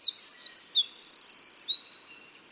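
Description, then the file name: Eurasian wren, a short fragment of song with shrill whistled notes and a fast buzzy trill in the middle, fading out at the end. "Troglodytes troglodytes"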